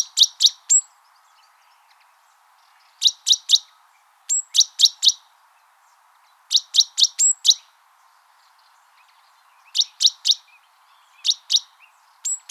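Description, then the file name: Great tit calling in repeated clusters of three or four hard, high chinking notes, some clusters opened by a short thin whistle. "Parus major"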